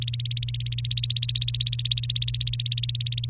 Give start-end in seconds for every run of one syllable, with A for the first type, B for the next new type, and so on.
0.00-3.29 A